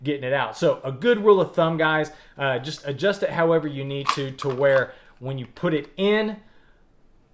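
Someone talks about adjusting the retention on a Dark Star Gear Orion Kydex appendix holster, with only speech heard and no distinct impacts. The pistol is being handled toward the holster, but nothing has seated or clicked yet.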